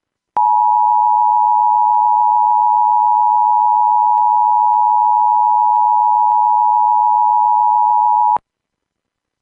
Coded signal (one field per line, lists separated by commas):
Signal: Emergency Alert System (SAME) tones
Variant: 853 and 960 Hz attention tone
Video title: EAS Alerts from the week of 11/21/2020 EAS#34 37